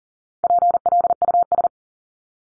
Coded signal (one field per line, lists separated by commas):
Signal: Morse code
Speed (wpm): 40 wpm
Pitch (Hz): 700 Hz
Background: none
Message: PLUS